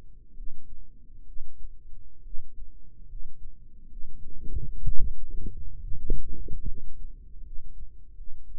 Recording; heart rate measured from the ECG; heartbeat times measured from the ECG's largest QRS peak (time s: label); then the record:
heart sounds by microphone in the right ear; 69 bpm
0.31 s: heartbeat
1.22 s: heartbeat
2.20 s: heartbeat
3.04 s: heartbeat
3.85 s: heartbeat
4.81 s: heartbeat
5.78 s: heartbeat
6.62 s: heartbeat
7.39 s: heartbeat
8.12 s: heartbeat
From the record:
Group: healthy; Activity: rest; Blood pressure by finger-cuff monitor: 113/72 mmHg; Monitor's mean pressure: 83 mmHg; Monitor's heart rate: 66 bpm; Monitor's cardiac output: 7.2 L/min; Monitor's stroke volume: 107 mL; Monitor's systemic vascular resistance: 840 dyn s/cm5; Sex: male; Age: 22 years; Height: 185 cm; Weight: 112.4 kg